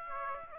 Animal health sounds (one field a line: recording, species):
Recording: mosquito wingbeat signal from an infrared sensor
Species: Aedes aegypti